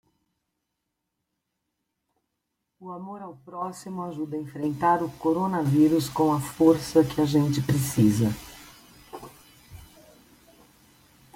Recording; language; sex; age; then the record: spoken sentence; Brazilian Portuguese; female; 60 to 69 years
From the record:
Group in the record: control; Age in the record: 62 years